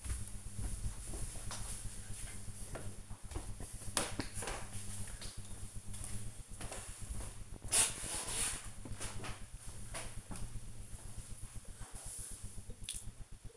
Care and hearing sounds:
household activities, microphone on the right wrist
7.67-13.57 s: watering plant

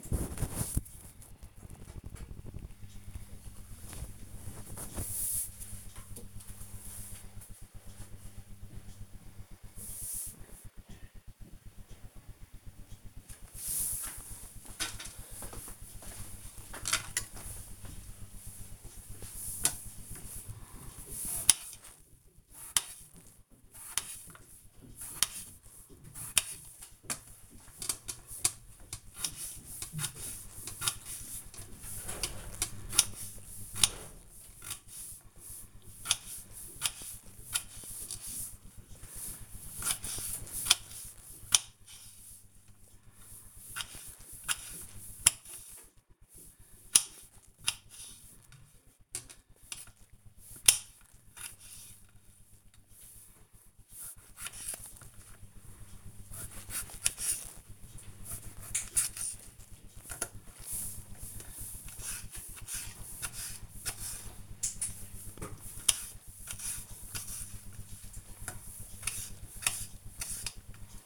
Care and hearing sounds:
household activities, microphone on the right wrist
16.52-71.06 s: cutting vegetables

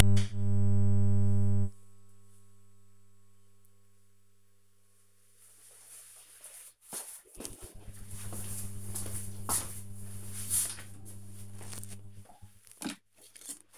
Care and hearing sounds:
household activities, microphone on the right wrist
9.84-13.77 s: brushing teeth

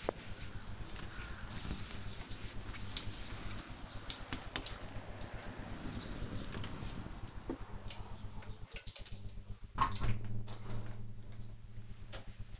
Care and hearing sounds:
household activities, microphone on the right wrist
0.00-10.71 s: window cleaning

